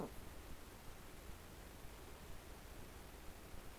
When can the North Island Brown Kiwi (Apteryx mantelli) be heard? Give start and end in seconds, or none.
none